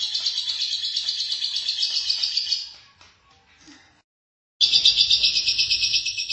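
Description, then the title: Lovebird song, shrill rapid chattering that fades out, a brief silence, then a loud burst of fast chatter resumes. "BM Suara Burung Lovebird"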